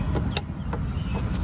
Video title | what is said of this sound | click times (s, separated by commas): DIY 2009 2010 2011 2012 2013 Toyota Corolla Replacing ABS Wheel Speed Sensor | Now that it's clicked in, | 0.4 s